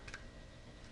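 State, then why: Not seated. A spare steel replacement blade is handled as it is fitted into a utility knife's blade holder. Two brief ticks sound near the start over steady background noise, but the blade has not seated or clicked home yet.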